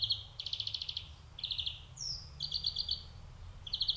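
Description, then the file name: European greenfinch producing a string of quick twittering trills in repeated bursts, broken once by a brief falling whistled note. "Chloris chloris"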